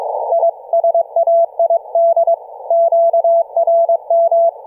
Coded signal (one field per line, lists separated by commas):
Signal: Morse code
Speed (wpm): 22 wpm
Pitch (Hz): 670 Hz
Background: none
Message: I SAID QRM